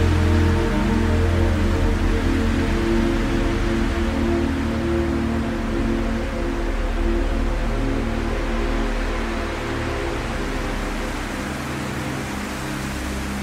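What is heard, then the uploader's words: Soft, slow music of sustained low tones and held chords plays under a steady hiss of wind. The drone shifts only gradually, with no clear beat, and the airy wash stays even and fairly bright throughout, easing slightly toward the end. 432 Hz relaxing music with wind sounds for sleeping, relaxation and stress relief.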